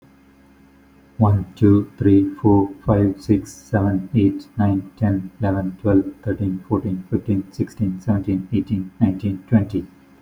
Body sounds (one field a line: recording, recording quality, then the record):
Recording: counting at a fast pace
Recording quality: excellent, no background noise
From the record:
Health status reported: healthy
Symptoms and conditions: none ticked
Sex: male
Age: 45 years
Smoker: not ticked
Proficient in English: yes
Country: India